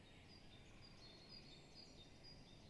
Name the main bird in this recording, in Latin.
Dendrocopos major